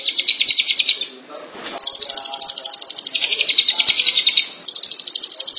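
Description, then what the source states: Shrike sending out fast scratchy chatter in bursts, broken by short gaps with a faint rustle. Recorded in March 2017.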